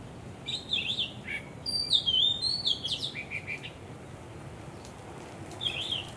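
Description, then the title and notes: Bird song: one clear phrase of high sliding whistles and twitters, with brief chirps before it and a final short note. Birds singing vigorously at Wu Kai Sha, Hong Kong, on 15 December 2006; recorded with AKG condenser microphones in XY stereo. "香港 烏溪沙 雀鳥勁唱歌 Date: 15 December 2006"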